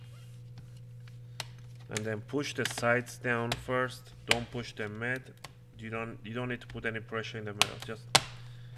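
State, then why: Not seated. Someone talks while handling the plastic palmrest top case of a Lenovo IdeaPad 300 laptop, getting ready to press it down along its sides onto the laptop base so its plastic clips engage. A few faint taps and a low steady hum sit under the speech. Nothing has seated or clicked yet.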